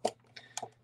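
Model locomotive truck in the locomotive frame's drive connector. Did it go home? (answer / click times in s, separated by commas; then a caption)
released / 0.1 s, 0.6 s. A model locomotive truck is rotated a full 90 degrees against the locomotive frame's line drive connector, resisting a little before it clicks free. Sharp clicks sound at 0.1 s and 0.6 s, with softer ticks around them. The truck is released from the connector so it can be wiggled and popped out of the frame.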